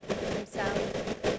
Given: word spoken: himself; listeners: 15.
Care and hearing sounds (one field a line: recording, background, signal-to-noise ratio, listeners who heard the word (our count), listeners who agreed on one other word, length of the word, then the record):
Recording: one English word in noise, from a listening test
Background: noise modulated by three-talker babble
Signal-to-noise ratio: -7.5 dB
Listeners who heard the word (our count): 7 of 15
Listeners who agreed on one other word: 6 of 15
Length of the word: 0.99 s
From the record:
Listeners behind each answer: 7, 6, 1, 1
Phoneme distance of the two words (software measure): 37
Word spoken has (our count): 2 syllables, 7 phonemes, stress on syllable 2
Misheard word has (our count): 2 syllables, 8 phonemes, stress on syllable 2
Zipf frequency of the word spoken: 5.19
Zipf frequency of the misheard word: 5.16